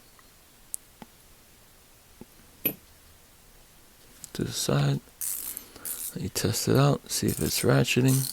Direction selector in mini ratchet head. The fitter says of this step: make sure it clicks in